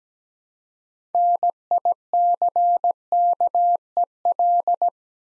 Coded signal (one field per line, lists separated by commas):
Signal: Morse code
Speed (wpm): 17 wpm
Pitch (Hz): 700 Hz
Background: none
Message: NICKEL